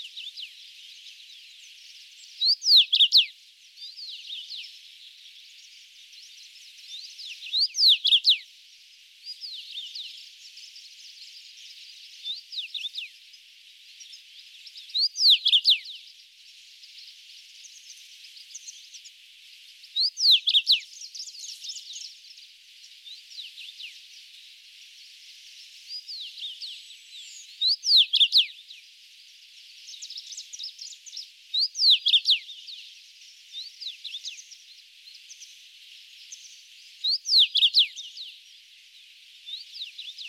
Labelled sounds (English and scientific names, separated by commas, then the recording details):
Common Rosefinch (Carpodacus erythrinus) song
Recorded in the wild
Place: Alassy Pass, KZ
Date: 2000-05-24
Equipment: MiniDisc Sharp MT 20 H
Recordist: Schwarz, Dieter